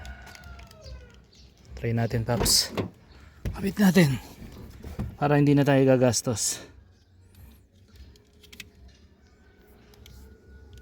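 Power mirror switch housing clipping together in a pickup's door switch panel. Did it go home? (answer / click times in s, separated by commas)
no / none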